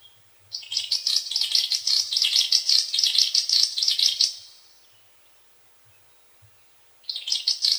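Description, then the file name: Great snipe display call: a fast, high rattle of clicking pulses lasting about four seconds, a short silence, then the rattle starts again. "Dupel lesnoj"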